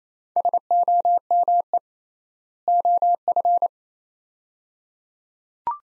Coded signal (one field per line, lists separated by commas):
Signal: Morse code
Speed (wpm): 28 wpm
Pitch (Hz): 700 Hz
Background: none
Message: SOME OF